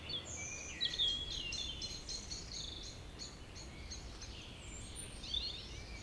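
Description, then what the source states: Bird song with a rapid run of repeated high chirps near the start, then scattered twitters and whistles over steady background noise. Village birds singing in the evening around 8 pm, humid weather, April 2019, Tregastel, Pleumeur-Bodou, France; recorded with MKH 8040 ORTF pair, Rycote windshield, Zoom H5.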